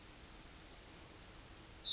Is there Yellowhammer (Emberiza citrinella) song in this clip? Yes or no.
yes